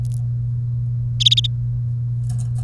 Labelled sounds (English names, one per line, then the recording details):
Domestic Canary song
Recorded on 1 May 2018 at 09:53
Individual llb3